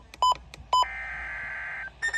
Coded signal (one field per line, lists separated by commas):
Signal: Emergency Alert System (SAME) tones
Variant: header bursts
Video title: EAS Special Marine Warning on NOAA Radios (9/11/2022) EAS #181